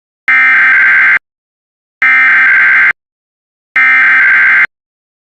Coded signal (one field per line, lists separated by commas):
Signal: Emergency Alert System (SAME) tones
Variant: header bursts